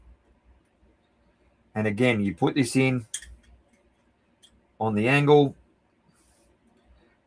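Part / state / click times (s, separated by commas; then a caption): internal part going into a boro vape mod recess / not seated / none. An internal part is inserted at an angle into the recess of a boro vape mod, not yet pushed home. Someone talks in two bursts while faint, soft handling ticks sit underneath. Nothing has seated or clicked yet.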